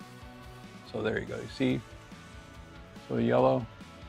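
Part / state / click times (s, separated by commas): plastic nozzle insert into a lawn sprinkler head / not seated / none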